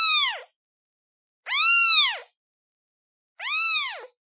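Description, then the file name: Cat: kitten meows, three high arched cries, the middle one longest, with quiet gaps between. Kitten calling for its mother. "Tieng meo con keu tim me"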